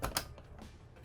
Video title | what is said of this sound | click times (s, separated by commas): Take A Guided Tour Of The Gemini A.W.D. & Compass A.W.D. R.U.V.s From Thor Motor Coach | all it does is it just locks into place | 0.0 s, 0.2 s